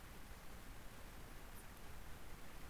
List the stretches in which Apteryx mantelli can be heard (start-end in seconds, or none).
none